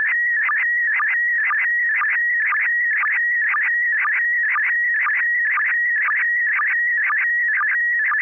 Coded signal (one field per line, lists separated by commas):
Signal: SSTV (slow-scan television)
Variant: PD 120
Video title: N6NA SSTV Net - 01/21/2026